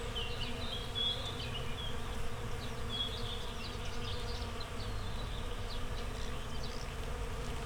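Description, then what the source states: Bee buzzing forms a continuous low hum while birds chatter and whistle over the top. Bees in a flowering rapeseed field, Słoneczna 9, Siemianowice Śląskie, Poland, Saturday 18 May 2019; recorded with Zoom H5 and Audio-Technica BP4025.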